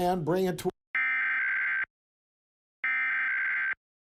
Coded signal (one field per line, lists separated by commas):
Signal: Emergency Alert System (SAME) tones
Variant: header bursts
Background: speech